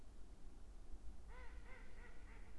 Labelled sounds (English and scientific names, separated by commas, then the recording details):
Mallard (Anas platyrhynchos)
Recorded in Germany
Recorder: ecoPi